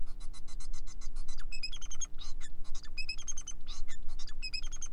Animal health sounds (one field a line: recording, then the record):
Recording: song of a male Bengalese finch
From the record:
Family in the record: son of father 4